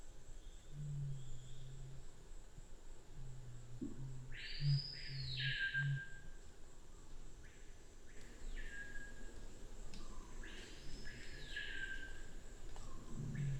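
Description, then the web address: Black curassow giving low booming hums and pulses, interleaved with another bird's loud arching calls. "sound Black-curassow. صدای-پرنده-کاکل-فری-سیاه"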